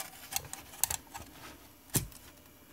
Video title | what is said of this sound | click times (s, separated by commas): How II 0x0C: Enhancing an Apple IIe | it just clicks into place | 0.8 s